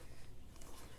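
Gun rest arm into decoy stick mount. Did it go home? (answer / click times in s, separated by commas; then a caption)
no / none. A plastic gun-rest arm is pushed through its mount on the right side of a turkey decoy carrier stick, with low rumbling handling noise and a faint brief tap near 0.6 s. Nothing has seated or clicked yet; the part is still being handled and has not locked into place.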